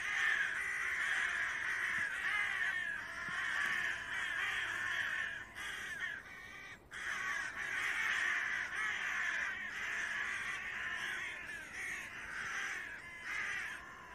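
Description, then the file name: Carrion crow cawing almost without pause, harsh grating calls running together in long rough bursts with only brief gaps. "Corvus corone"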